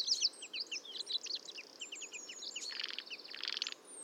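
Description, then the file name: Common chaffinch calls within a lively mix of birds: rapid high chirps and slurred notes, then a buzzy rattling phrase in the second half. "Fringilla coelebs"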